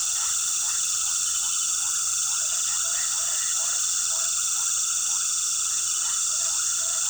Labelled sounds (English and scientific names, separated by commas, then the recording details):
none
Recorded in pastures near Puerto Asís, Putumayo, Colombia, on 19 February 2024 at 19:30
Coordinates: 0.466, -76.323
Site G6384